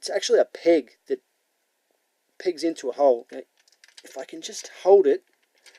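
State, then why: Not seated. Someone talks while trying to push a small plastic nub peg on a robot toy panel into its hole, a part that is hard to get in. Only faint handling noises sit between the words. Nothing has seated or clicked yet.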